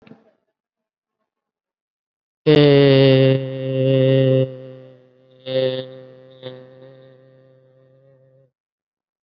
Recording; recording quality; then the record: sustained vowel as in made; excellent, no background noise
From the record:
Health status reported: COVID-19 positive, mild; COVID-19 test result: positive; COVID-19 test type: RT-PCR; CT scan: taken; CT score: 5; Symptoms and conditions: cough, breathing difficulty, fever, another respiratory illness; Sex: male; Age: 56 years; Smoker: no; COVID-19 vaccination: none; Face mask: not worn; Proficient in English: no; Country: India